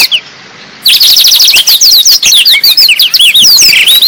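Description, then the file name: Black-throated Canary song: after a short quiet start, an unbroken rush of bright, rapidly repeated whistled slurs and trills, many notes a second. Singing in the lively, nonstop style called gacor. "burung blackthroat gacor"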